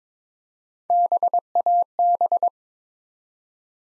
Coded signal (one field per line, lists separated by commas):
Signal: Morse code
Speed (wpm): 22 wpm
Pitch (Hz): 700 Hz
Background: none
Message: BAB